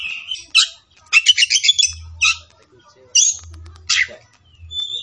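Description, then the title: Oriental magpie-robin giving harsh rattling bursts and a few whistled notes separated by short silences, with a low humming sound in the gaps. Tretes; singing vigorously, described as gacor. "Kacer Tretes"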